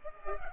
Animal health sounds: mosquito wingbeat signal from an infrared sensor; Culex pipiens

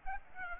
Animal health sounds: mosquito wingbeat signal from an infrared sensor; Aedes aegypti

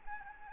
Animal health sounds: mosquito wingbeat signal from an infrared sensor; Anopheles gambiae

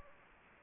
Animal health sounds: mosquito wingbeat signal from an infrared sensor; Anopheles gambiae

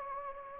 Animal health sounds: mosquito wingbeat signal from an infrared sensor; Anopheles gambiae

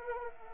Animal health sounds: mosquito wingbeat signal from an infrared sensor; Anopheles arabiensis

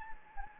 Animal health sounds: mosquito wingbeat signal from an infrared sensor; Anopheles gambiae

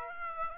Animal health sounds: mosquito wingbeat signal from an infrared sensor; Aedes aegypti

